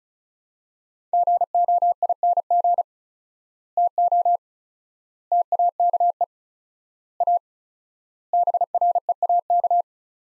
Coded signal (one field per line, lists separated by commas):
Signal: Morse code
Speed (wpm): 36 wpm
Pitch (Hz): 700 Hz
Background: none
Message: GOING TO TAKE A BREAK